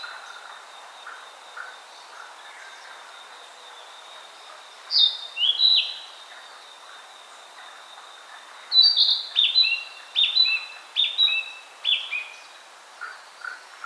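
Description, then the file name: Narcissus flycatcher song: short clear whistled phrases in two bursts, over a long steady high whine, with soft lower chirps. "Ficedula narcissina"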